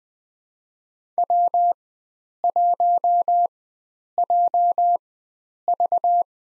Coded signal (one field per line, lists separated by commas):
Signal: Morse code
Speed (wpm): 20 wpm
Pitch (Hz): 700 Hz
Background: none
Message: W1JV